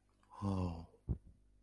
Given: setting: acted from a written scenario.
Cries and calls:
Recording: vocal sound without words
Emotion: negative surprise

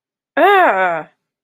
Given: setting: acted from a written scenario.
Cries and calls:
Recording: vocal sound without words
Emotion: negative surprise

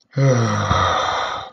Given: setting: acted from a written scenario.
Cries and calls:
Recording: vocal sound without words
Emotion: ecstasy

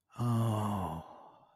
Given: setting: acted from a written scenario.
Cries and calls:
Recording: vocal sound without words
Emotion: desire

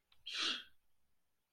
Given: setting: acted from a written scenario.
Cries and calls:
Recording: vocal sound without words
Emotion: contempt

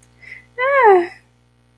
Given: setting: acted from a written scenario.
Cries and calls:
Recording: vocal sound without words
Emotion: elation

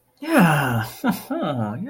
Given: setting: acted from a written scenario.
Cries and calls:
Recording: vocal sound without words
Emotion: elation

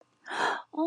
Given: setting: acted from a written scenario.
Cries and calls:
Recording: vocal sound without words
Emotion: sympathy

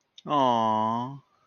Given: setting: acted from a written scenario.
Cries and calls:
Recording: vocal sound without words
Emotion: adoration

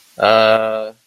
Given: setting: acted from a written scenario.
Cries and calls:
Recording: vocal sound without words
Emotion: embarrassment

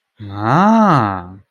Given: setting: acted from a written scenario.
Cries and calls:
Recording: vocal sound without words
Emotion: desire

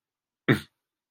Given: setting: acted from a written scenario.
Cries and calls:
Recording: vocal sound without words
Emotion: contempt

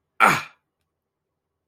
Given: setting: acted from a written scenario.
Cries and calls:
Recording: vocal sound without words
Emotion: pain

